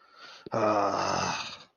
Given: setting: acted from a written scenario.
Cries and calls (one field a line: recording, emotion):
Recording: vocal sound without words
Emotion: disappointment